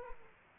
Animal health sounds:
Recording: mosquito wingbeat signal from an infrared sensor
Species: Aedes aegypti

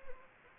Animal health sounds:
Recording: mosquito wingbeat signal from an infrared sensor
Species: Anopheles gambiae

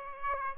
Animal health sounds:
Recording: mosquito wingbeat signal from an infrared sensor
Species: Aedes aegypti

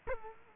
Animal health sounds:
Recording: mosquito wingbeat signal from an infrared sensor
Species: Culex quinquefasciatus

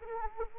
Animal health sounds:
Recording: mosquito wingbeat signal from an infrared sensor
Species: Anopheles arabiensis

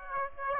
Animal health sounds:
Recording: mosquito wingbeat signal from an infrared sensor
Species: Aedes aegypti

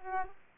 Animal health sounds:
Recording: mosquito wingbeat signal from an infrared sensor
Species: Aedes aegypti

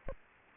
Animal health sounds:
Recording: mosquito wingbeat signal from an infrared sensor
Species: Aedes aegypti

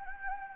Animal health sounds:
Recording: mosquito wingbeat signal from an infrared sensor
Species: Anopheles gambiae

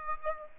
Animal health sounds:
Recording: mosquito wingbeat signal from an infrared sensor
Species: Aedes aegypti

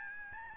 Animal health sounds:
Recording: mosquito wingbeat signal from an infrared sensor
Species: Aedes albopictus

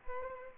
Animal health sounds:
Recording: mosquito wingbeat signal from an infrared sensor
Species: Culex pipiens

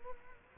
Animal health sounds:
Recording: mosquito wingbeat signal from an infrared sensor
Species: Culex quinquefasciatus

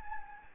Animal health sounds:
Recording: mosquito wingbeat signal from an infrared sensor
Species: Anopheles gambiae

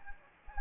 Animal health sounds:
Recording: mosquito wingbeat signal from an infrared sensor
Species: Anopheles gambiae

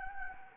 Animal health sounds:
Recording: mosquito wingbeat signal from an infrared sensor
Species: Anopheles gambiae

